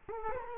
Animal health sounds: mosquito wingbeat signal from an infrared sensor; Culex quinquefasciatus

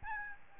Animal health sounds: mosquito wingbeat signal from an infrared sensor; Aedes albopictus

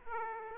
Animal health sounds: mosquito wingbeat signal from an infrared sensor; Aedes aegypti

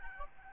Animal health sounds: mosquito wingbeat signal from an infrared sensor; Aedes albopictus

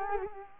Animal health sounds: mosquito wingbeat signal from an infrared sensor; Culex quinquefasciatus

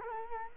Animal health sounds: mosquito wingbeat signal from an infrared sensor; Culex quinquefasciatus

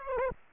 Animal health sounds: mosquito wingbeat signal from an infrared sensor; Aedes aegypti

